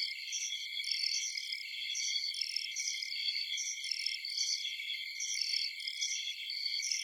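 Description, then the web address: Insect chorus of shrill, overlapping chirps and steady high-pitched trills, pulsing quickly and unbroken for the whole stretch. Night forest ambience of chirping insects, bugs in a field at night. "Blastwave INSECTS Amb Night Forest"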